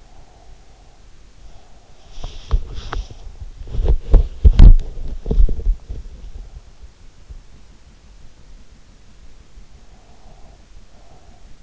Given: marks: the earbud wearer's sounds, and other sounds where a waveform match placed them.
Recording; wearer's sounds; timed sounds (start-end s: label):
sounds in sleep by an in-ear microphone; breath, talking in sleep, body movement
0.00-2.34 s: breath
2.21-3.18 s: talking in sleep
2.21-6.53 s: body movement
9.84-11.63 s: breath